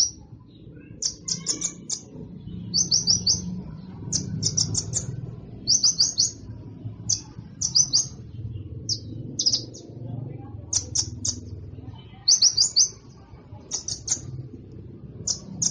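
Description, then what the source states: Sunbird calls in repeated quick bursts of very high, sharp chirps, each burst a handful of notes, with a low rumble underneath. Sunbird sound intended for luring birds and provoking them to call.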